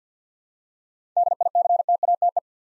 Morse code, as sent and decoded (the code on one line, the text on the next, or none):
-.. .. -.-. - .- - .
DICTATE